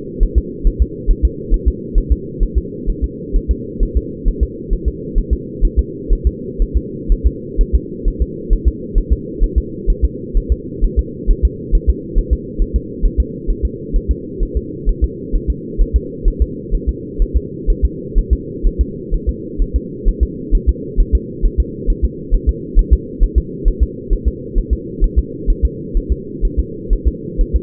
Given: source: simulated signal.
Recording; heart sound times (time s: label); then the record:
fetal heart sounds
0.23 s: S1
0.38 s: S2
0.67 s: S1
0.82 s: S2
1.11 s: S1
1.25 s: S2
1.54 s: S1
1.68 s: S2
1.98 s: S1
2.12 s: S2
2.43 s: S1
2.58 s: S2
2.90 s: S1
3.04 s: S2
3.36 s: S1
3.51 s: S2
3.83 s: S1
3.97 s: S2
4.28 s: S1
4.43 s: S2
4.73 s: S1
4.88 s: S2
5.18 s: S1
5.33 s: S2
5.65 s: S1
5.79 s: S2
6.13 s: S1
6.27 s: S2
6.62 s: S1
6.77 s: S2
7.12 s: S1
7.27 s: S2
7.61 s: S1
7.75 s: S2
8.08 s: S1
8.22 s: S2
8.53 s: S1
8.68 s: S2
8.98 s: S1
9.13 s: S2
9.44 s: S1
9.58 s: S2
9.90 s: S1
10.05 s: S2
10.37 s: S1
10.52 s: S2
10.84 s: S1
10.99 s: S2
11.31 s: S1
11.45 s: S2
11.75 s: S1
11.90 s: S2
12.19 s: S1
12.33 s: S2
12.62 s: S1
12.76 s: S2
13.06 s: S1
13.20 s: S2
13.50 s: S1
13.65 s: S2
13.96 s: S1
14.11 s: S2
14.43 s: S1
14.57 s: S2
14.89 s: S1
15.04 s: S2
15.35 s: S1
15.50 s: S2
15.81 s: S1
15.96 s: S2
16.28 s: S1
16.42 s: S2
16.75 s: S1
16.89 s: S2
17.22 s: S1
17.37 s: S2
17.70 s: S1
17.85 s: S2
18.18 s: S1
18.33 s: S2
18.67 s: S1
18.81 s: S2
19.14 s: S1
19.29 s: S2
19.62 s: S1
19.76 s: S2
20.08 s: S1
20.23 s: S2
20.55 s: S1
20.69 s: S2
21.00 s: S1
21.15 s: S2
21.45 s: S1
21.60 s: S2
21.90 s: S1
22.05 s: S2
22.34 s: S1
22.49 s: S2
22.79 s: S1
22.93 s: S2
23.23 s: S1
23.38 s: S2
23.68 s: S1
23.83 s: S2
24.13 s: S1
24.28 s: S2
24.58 s: S1
24.73 s: S2
25.04 s: S1
25.19 s: S2
25.50 s: S1
25.65 s: S2
25.97 s: S1
26.12 s: S2
26.45 s: S1
26.59 s: S2
26.93 s: S1
27.08 s: S2
27.41 s: S1
27.56 s: S2
From the record:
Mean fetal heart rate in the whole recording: 130 bpm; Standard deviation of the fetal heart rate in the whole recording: 4 bpm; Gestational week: 38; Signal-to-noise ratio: -4.1 dB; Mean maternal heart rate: no maternal heart sound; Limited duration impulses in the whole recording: absent